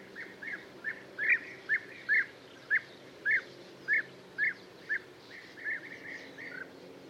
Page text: Пение птиц - Золотистая щурка